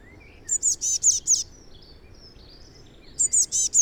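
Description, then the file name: Eurasian blue tit uttering high, harsh, buzzy notes in fast groups of four, two groups heard, with faint thin chirps between. "Cyanistes caeruleus"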